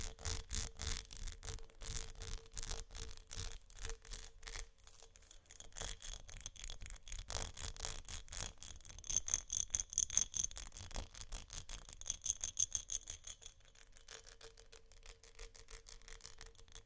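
Textured glass is scratched and tapped in fast, dense bursts of rough, bright strokes, heaviest in the first five seconds. After that the scraping turns lighter and more spaced, with thin ringing glints around nine to ten seconds and again near twelve.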